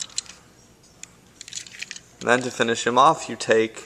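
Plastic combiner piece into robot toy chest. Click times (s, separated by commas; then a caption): 0.2 s. A plastic piece is plugged into a transforming robot toy's chest, and a small tab is pushed until it locks into place with a sharp click at 0.2 s. A few more light plastic taps and rattles follow before someone talks.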